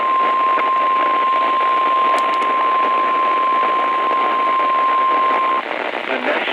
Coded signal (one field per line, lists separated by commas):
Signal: Emergency Alert System (SAME) tones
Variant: 1050 Hz attention tone